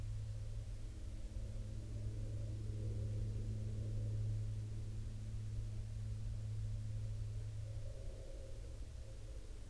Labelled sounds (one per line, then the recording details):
aircraft
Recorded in the Arctic National Wildlife Refuge, Alaska, on 16 August 2021 at 14:52
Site 42